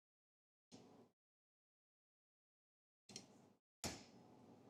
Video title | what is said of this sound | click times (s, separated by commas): Why Replacing Wiper Blades is Crucial + Easy Installation Guide | Okay. And it clicks in, too. | 3.8 s